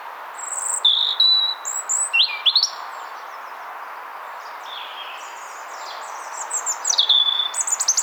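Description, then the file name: European robin singing high, thin, varied phrases of whistles and sliding notes, a quiet pause mid-way, then another tumbling phrase, with background hiss. "Erithacus rubecula"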